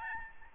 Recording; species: mosquito wingbeat signal from an infrared sensor; Aedes albopictus